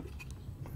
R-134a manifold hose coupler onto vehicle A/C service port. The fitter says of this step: press down until it clicks in so